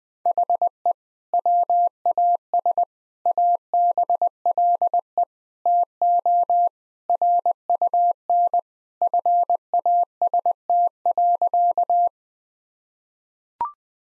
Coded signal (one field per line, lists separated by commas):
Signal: Morse code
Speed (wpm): 20 wpm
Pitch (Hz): 700 Hz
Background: none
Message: HE WAS ABLE TO RUN FAST.